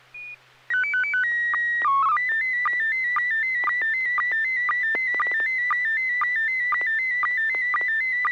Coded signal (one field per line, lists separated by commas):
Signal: SSTV (slow-scan television)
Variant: PD 120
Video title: N6NA SSTV Net - 08/17/2022